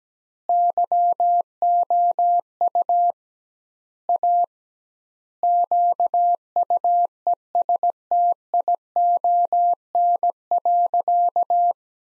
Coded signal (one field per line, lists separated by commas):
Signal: Morse code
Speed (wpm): 17 wpm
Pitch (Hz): 700 Hz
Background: none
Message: YOU A QUESTION.